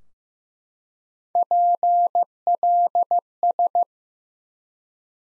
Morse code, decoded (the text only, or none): PLS